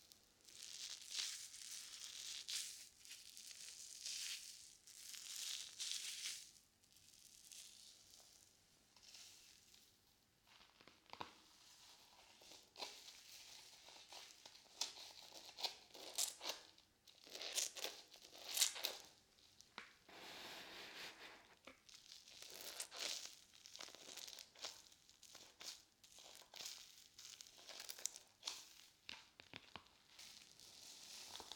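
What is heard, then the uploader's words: Wet squishing and crackling of a soapy sponge, uneven bursts of bright fizzy rustle with brief pauses. ASMR Binaural Sounds Water Soap Sponge.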